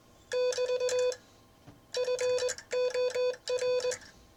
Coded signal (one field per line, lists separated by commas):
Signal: Morse code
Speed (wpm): 21 wpm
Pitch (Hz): 500 Hz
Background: none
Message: <BT> FOR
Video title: Ships That Pass #Morse code #Vibroplex